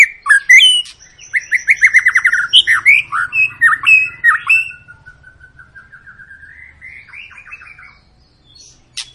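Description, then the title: White-rumped shama pouring out a loud series of rapid, rhythmic whistled notes and chirps, then fading into a quieter trill and a final sharp note. Long lure recording meant to prompt other birds to sing; a continuously singing bird. "Pancingan Murai Batu Gacor Panjang"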